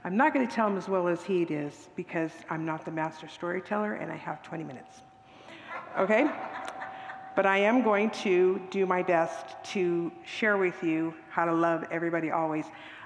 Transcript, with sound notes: I’m not going to tell him as well as he did, because I’m not the master storyteller, and I have 20 minutes. Okay? [Congregants laugh] But I am going to do my best to share with you how to love everybody always.